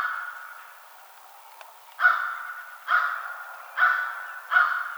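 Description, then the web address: American crow cawing: after two quiet seconds, four loud, harsh, hoarse caws follow at roughly one-second intervals. Recorded on 21 March 2007. "American Crow 2007 03 21"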